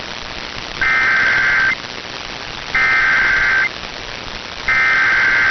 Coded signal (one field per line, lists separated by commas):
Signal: Emergency Alert System (SAME) tones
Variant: header bursts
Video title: Buncha Flash Floodz | EAS Alerts from 8/22/2022 (EAS #1974-1985)